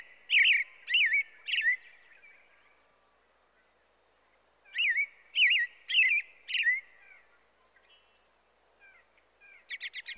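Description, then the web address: American robin sings two groups of three or four caroling, slurred whistles separated by a pause, ending with a fast burst of high, sharp notes. "bird american robin"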